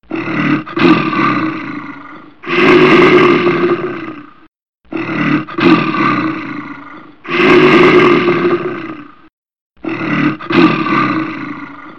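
Lion roaring: five deep, rough roars, each lasting about two seconds, separated by short gaps.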